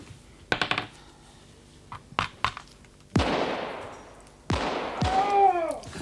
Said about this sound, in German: Was war denn das? Das waren Schüsse. Da draußen liegt jemand.